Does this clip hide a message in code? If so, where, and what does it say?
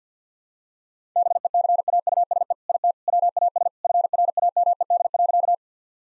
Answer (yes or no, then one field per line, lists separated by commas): yes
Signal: Morse code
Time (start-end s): 1.2-5.5 s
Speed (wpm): 50 wpm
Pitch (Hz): 700 Hz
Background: none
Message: BECAUSE IT WAS FRAMED.